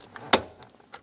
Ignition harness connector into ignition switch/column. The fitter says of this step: Push until you hear a click.